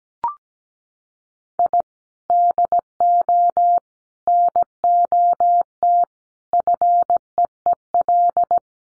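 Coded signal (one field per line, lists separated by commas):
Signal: Morse code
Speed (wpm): 17 wpm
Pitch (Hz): 700 Hz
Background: none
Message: I DO NOT FEEL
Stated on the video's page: Morse practice of five-word sets at 17wpm, each set sent before and after being spoken.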